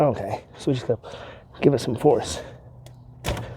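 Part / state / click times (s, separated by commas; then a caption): heater hose quick-connect coupling onto engine coolant outlet fitting / not seated / none. Someone talks while forcefully pushing a heater hose quick-connect coupling onto the engine coolant outlet fitting of a Ford Expedition, followed by a brief thud near 3.3 seconds. The coupling fails to latch, and nothing has seated or clicked yet.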